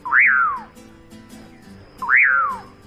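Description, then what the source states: Common Pauraque song, two loud whistled notes about two seconds apart, each rising sharply then falling in a long slurred sweep. Siren-like call said in folk legend to call forth the spirit Don Pucuyo; males sing in near darkness, especially at dusk, before dawn and in moonlight.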